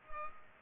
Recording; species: mosquito wingbeat signal from an infrared sensor; Culex pipiens